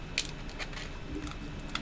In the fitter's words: and that locks into place